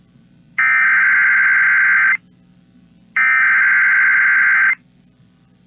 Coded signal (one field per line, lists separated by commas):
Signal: Emergency Alert System (SAME) tones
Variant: header bursts